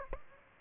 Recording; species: mosquito wingbeat signal from an infrared sensor; Aedes aegypti